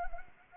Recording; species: mosquito wingbeat signal from an infrared sensor; Anopheles arabiensis